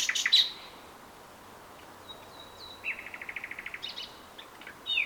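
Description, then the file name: Common nightingale song, fairly quiet: a bright opening burst, a thin high whistle, then a rapid even series of pulsed notes and a final loud fragment. "Luscinia megarhynchos"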